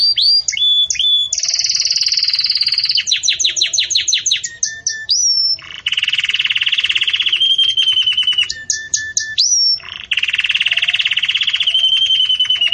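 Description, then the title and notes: Canary song alternating long buzzy rolls, fast repeated notes and pure whistled slurs, delivered almost without pause. Belgian canary song for training young birds; song style 'campainha' (bell-like). "Canto Do Canário Belga Campainha Para Encarte De Filhotes. CANARIO"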